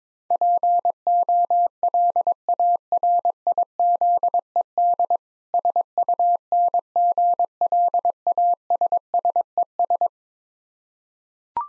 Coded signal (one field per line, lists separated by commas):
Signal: Morse code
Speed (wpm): 22 wpm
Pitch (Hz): 700 Hz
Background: none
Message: POLARIZED SUNGLASSES